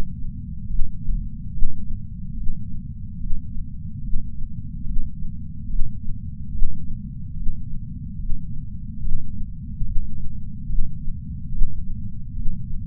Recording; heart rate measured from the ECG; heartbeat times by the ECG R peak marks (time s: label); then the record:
heart sounds by patch sensor on the chest; 72 bpm
0.66 s: heartbeat
1.50 s: heartbeat
2.33 s: heartbeat
3.16 s: heartbeat
4.00 s: heartbeat
4.83 s: heartbeat
5.66 s: heartbeat
6.49 s: heartbeat
7.33 s: heartbeat
8.16 s: heartbeat
8.99 s: heartbeat
9.83 s: heartbeat
10.65 s: heartbeat
11.49 s: heartbeat
12.32 s: heartbeat
From the record:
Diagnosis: coronary artery disease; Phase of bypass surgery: intraoperative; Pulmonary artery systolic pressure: 14 mmHg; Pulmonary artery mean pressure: 10 mmHg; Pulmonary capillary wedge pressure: 9 mmHg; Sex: female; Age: 74 years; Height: 160 cm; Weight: 64 kg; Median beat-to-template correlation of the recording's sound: 0.90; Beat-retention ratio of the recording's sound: 0.99